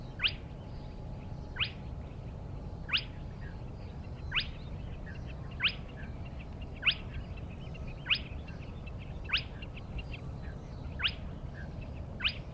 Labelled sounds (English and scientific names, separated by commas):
Spotted Crake (Porzana porzana)